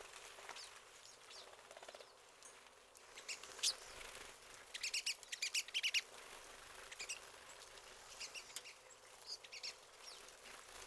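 Pine siskin: high, thin twittering, scattered chips building into a dense burst of rapid notes midway, then trailing off into sparse calls.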